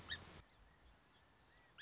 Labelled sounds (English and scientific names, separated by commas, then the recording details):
Song Sparrow (Melospiza melodia)
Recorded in Sonoma County, California